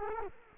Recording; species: mosquito wingbeat signal from an infrared sensor; Culex quinquefasciatus